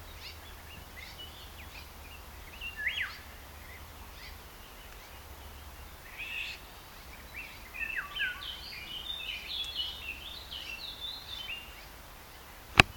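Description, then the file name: Red-backed shrike with a few quiet chirps, then a burst of hurried, scratchy high notes late, ending with a sharp click. Voice of the bird. "tovisszuro-gebics-hangja -tovisszuro-gebics-Lanius-collurio"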